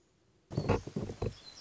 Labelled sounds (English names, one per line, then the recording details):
Black-throated Gray Warbler
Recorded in Sonoma County, California